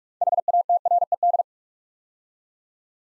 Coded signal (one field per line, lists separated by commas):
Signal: Morse code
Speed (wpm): 44 wpm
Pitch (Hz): 700 Hz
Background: none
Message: HATRED